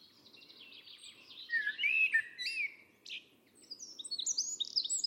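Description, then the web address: Bird warbling a jumbled run of whistled slurs and chirps, then a pause and a series of high thin squeaky notes, with steady low background noise. "Bird Only Tu Me Tu Me 2"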